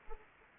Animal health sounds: mosquito wingbeat signal from an infrared sensor; Anopheles arabiensis

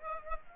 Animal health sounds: mosquito wingbeat signal from an infrared sensor; Aedes aegypti

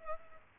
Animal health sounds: mosquito wingbeat signal from an infrared sensor; Culex pipiens

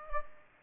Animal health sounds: mosquito wingbeat signal from an infrared sensor; Aedes aegypti

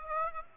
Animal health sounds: mosquito wingbeat signal from an infrared sensor; Aedes aegypti

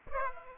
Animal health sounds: mosquito wingbeat signal from an infrared sensor; Aedes aegypti

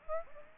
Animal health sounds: mosquito wingbeat signal from an infrared sensor; Aedes aegypti

